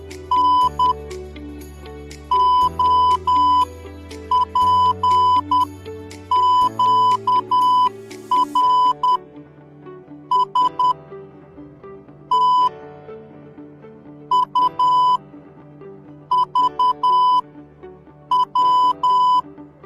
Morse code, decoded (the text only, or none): NOPQRSTUVW